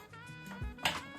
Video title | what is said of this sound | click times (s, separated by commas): How to set up my Qubiq 30 Pro Aquarium - Fish Tank 2026 | with a bit of a push, it clicks right in place, and that should be done | 0.9 s